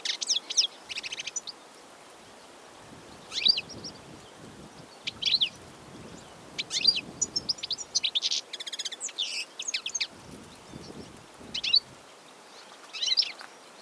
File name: chardonneret elegant - carduelis carduelis